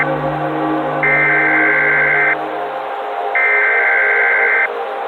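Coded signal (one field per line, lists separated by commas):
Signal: Emergency Alert System (SAME) tones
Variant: header bursts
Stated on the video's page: Fictional EAS scenario, analog horror, using valid EAS tones.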